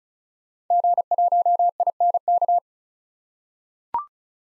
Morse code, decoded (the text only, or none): G1INK